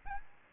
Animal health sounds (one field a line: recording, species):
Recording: mosquito wingbeat signal from an infrared sensor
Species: Aedes albopictus